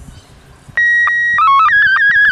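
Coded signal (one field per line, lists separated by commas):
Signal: SSTV (slow-scan television)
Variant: Scottie 1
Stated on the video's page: RTTY and SSTV played through a homemade parrot/echo simplex repeater built from a bare-metal audio capture program.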